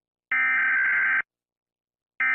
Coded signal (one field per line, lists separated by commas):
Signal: Emergency Alert System (SAME) tones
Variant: header bursts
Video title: Eas scenario 1: 2025 asteroid disaster (Eas재난 1: 2025 소행성재난)